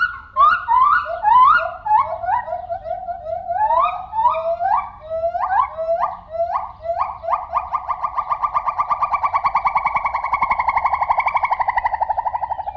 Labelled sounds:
Lar Gibbon

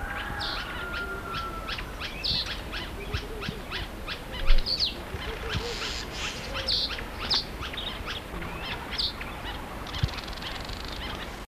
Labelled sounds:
Southern Masked Weaver call

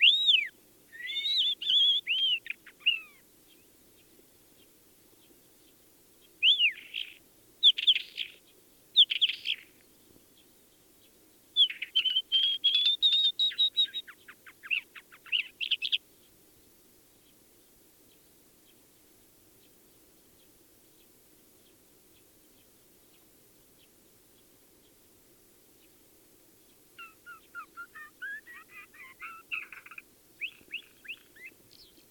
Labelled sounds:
Isabelline Shrike

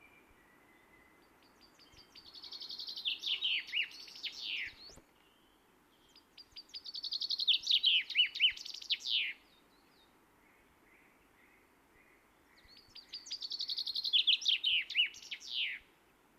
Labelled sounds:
Common Chaffinch

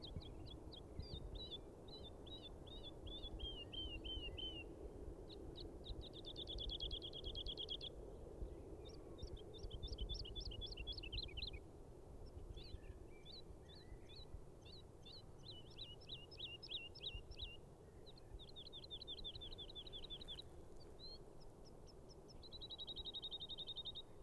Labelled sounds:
Wood Lark song

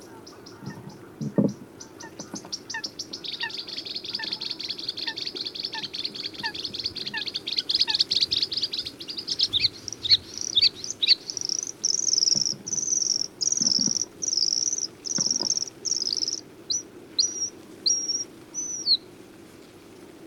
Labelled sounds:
Bluethroat song

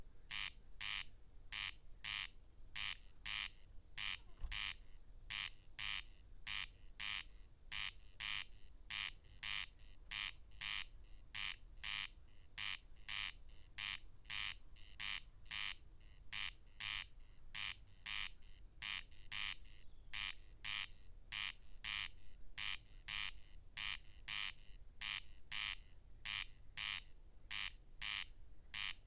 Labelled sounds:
Corn Crake song

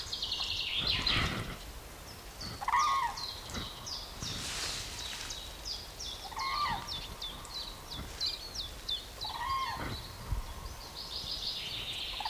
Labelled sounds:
Common Crane flight call

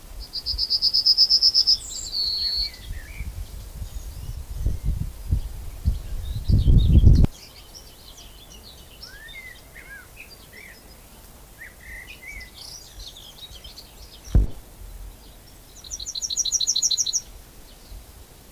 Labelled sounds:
Yellowhammer song

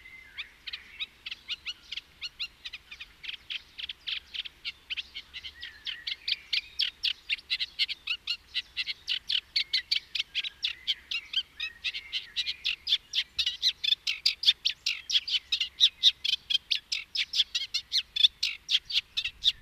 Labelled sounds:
Eurasian Reed Warbler song

